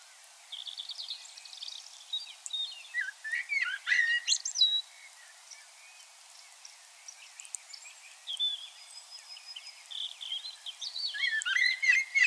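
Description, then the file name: Common blackbird calls: a busy run of high chirps, short whistles and sliding notes, bunched around four seconds and again near the end, with steady background hiss. "Turdus merula"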